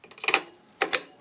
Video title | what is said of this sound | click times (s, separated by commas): Roadloc XRA 307 BMW R1250 GSA | You can hear that click. | 0.8 s, 0.9 s